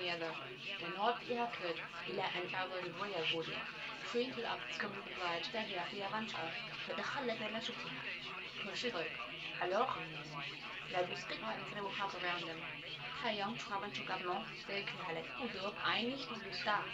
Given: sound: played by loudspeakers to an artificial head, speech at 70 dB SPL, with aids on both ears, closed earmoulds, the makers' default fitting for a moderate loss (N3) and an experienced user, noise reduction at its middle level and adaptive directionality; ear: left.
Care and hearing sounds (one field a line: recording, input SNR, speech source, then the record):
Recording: speech test signal (ISTS) in cocktail-party noise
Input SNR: +6 dB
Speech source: on the right (90 degrees)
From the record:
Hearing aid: class 1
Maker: F